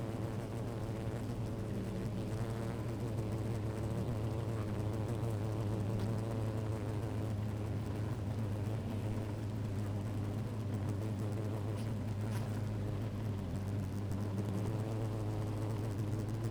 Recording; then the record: honeybee colony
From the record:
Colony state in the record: active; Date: 28 July 2017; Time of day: 13:41